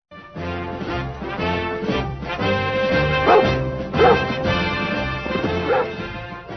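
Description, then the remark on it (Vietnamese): A German shepherd, Rin Tin Tin, the dog that starred in a television series, barks repeatedly, loud sharp barks at an uneven pace, with higher yipping and whining tones running between them and no one speaking. “Đó là vào thập niên 1950, khi bà còn là một đứa trẻ, và chú khuyển giống chăn cừu của Đức này được đưa ra làm vai chính trong một loạt phim truyền hình, với các màn biểu diễn cứu người táo bạo.”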